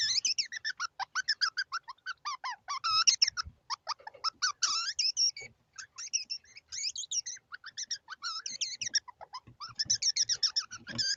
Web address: zvuk katerica degu